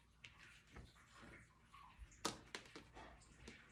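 A second plastic zip tie is threaded through the holes of a UITC board and back up, then pulled closed through its own ratchet head. After a few soft rustles and light taps, two sharp ratchet clicks ring out at 2.3 s and 2.5 s, followed by quieter handling. The zip tie is seated closed.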